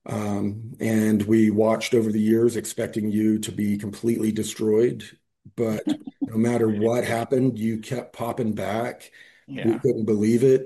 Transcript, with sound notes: and we watched over the years, expecting you to be completely destroyed."
(laughs)
"But no matter what happened, you kept popping back."
Yeah.
"We couldn't believe it."